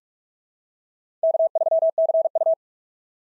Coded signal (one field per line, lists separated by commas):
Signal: Morse code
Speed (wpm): 46 wpm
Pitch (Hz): 650 Hz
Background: none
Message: K3CU